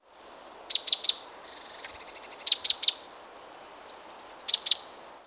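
Great tit song: a thin high whistle followed by three sharp ringing notes, the phrase repeated three times about every two seconds, over a steady low background hiss.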